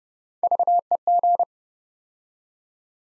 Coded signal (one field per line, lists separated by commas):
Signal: Morse code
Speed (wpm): 28 wpm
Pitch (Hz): 700 Hz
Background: none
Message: VEG